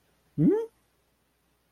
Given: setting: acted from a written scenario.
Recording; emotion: vocal sound without words; confusion